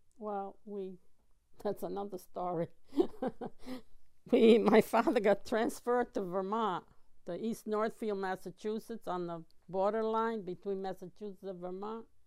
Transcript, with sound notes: Well, we, that's another story. ( she laughs ) My father got transferred to Vermont, to East Northfield, Massachusetts on the borderline between Massachusetts and Vermont.